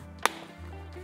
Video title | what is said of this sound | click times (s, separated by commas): Wie wechsle ich den Akku an meinem Lenovo Laptop? - ThinkPad, IdeaPad, Yoga Akku tauschen! | Tun den leicht zusammendrücken, so dass ein bisschen knackt, dass er wieder einrastet, weil hier geht nichts kaputt. | 0.2 s